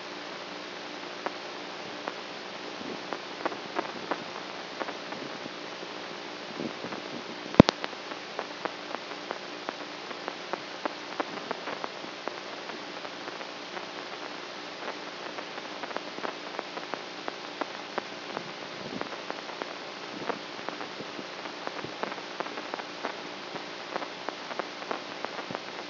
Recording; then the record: brain microelectrode recording played as sound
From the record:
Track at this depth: outside the subthalamic nucleus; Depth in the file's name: 5.501 mm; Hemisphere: right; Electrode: 3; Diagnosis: Parkinson's disease